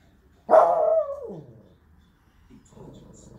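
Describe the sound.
Spitz dog: a single drawn-out bark that slides downward and fades.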